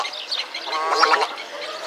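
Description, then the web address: Little egret giving a gurgling, bubbling croak that swells in the middle. "EGRETTA GARZETTA. little egret"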